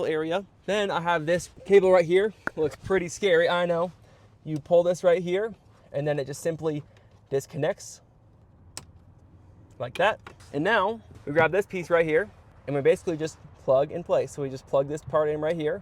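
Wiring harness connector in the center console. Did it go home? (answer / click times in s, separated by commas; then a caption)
released / 8.8 s. Someone talks while a tab on a wiring harness connector in the center console of a Tesla Model Y is pulled. The connector unclips and disconnects with a single sharp click at 8.8 s, and then the talking continues.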